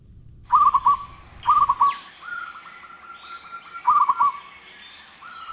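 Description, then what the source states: Zebra dove cooing: soft, trilling coo phrases repeated a few times, with a longer rolling series of short coos between them and faint higher bird notes behind. Described as sweet cuckooing; library recording played on the radio.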